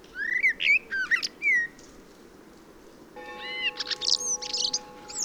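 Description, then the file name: Common blackbird song: a few fluted whistles, then after a pause a higher squeaky twittered flourish, with a steady tone beneath it. "Turdus merula"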